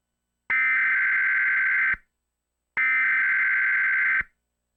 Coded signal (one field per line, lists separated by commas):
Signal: Emergency Alert System (SAME) tones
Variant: header bursts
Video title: EAS - Sunshine State Tornado Drill